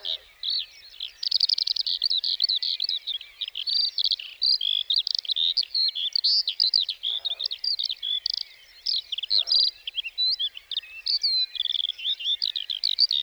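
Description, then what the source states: Lark delivering a sustained, high, bubbling warble of rapid chirps and trills, with a few brief lower notes heard beneath it. 29 March 2020, Plateau de Lesches-en-Diois; sings before full daybreak, perched on top of a bush rather than in flight, for nearly fifteen minutes before flying off; Nagra Seven, stereo, cardioid MKH40.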